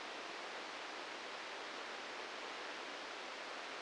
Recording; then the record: brain microelectrode recording played as sound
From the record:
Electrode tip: inside the subthalamic nucleus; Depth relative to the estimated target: -1 mm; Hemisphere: left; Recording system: NeuroSet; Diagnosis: Parkinson's disease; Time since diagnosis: 13 years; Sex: male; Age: 65 years